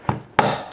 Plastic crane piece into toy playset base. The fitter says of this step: like it is the crane which just snaps in the base